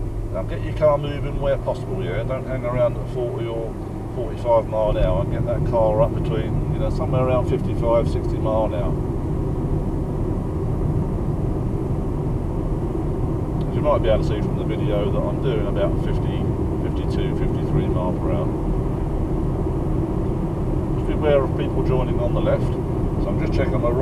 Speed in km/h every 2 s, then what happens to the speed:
60, 63, 69, 76, 81, 81, 84, 85, 85, 87, 89, 87.
0-9 speeds up to 81. 9-24 steady at about 85.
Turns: none.